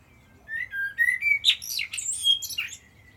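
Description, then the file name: Common blackbird song phrase: a few mellow whistled notes around a steady pitch, then a burst of high, squeaky twittering notes before falling quiet. "Turdus merula"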